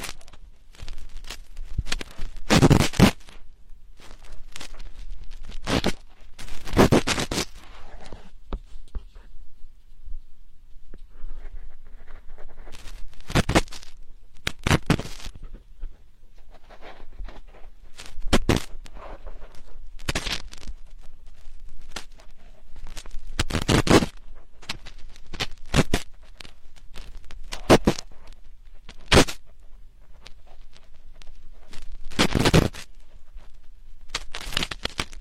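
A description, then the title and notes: Slow digging and scraping sounds, like something working right at the ear, come as sharp crackling strokes every one to three seconds. Between them, softer rustling and faint crackles fill the quiet, and the strokes stay loud and bright throughout. Slowly dig your ears.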